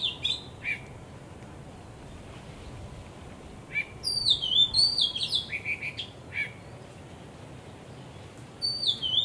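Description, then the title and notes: Bird song: bursts of high, sliding whistled notes, several dropping in pitch, at the start, around four to six seconds and at the end, with quiet gaps between. Birds singing vigorously at Wu Kai Sha, Hong Kong, 15 December 2006; recorded with AKG condenser microphones in XY stereo. "香港 烏溪沙 雀鳥勁唱歌 Date: 15 December 2006"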